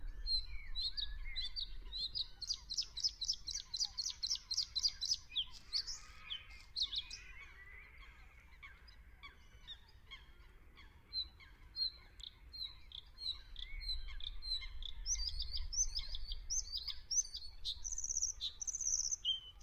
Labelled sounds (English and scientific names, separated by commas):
Bluethroat (Luscinia svecica) song